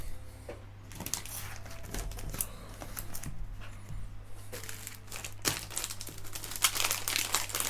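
Plastic packaging crinkles and rustles while comic books are being packed, in irregular bursts over a low steady hum, with sharper crackles now and then as it is handled and folded; nobody speaks.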